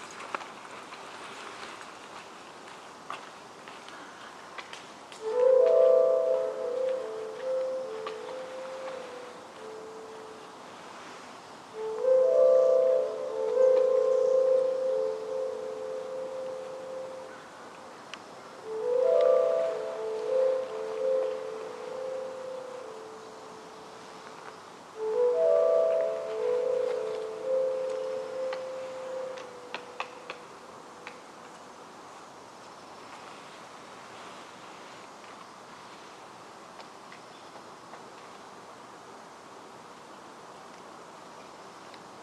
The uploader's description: Upper Macleay section of Forest Park, Portland, Oregon